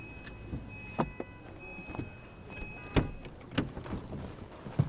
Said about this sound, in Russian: Дороти подъезжает на машине к дому, останавливается и выходит.